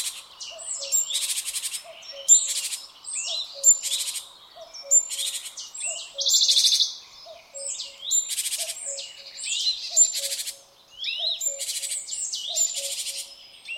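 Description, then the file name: Great tit calls: rasping buzzy phrases roughly every one to two seconds among bright whistles, with a quiet low two-note call repeating beneath. "Parus major"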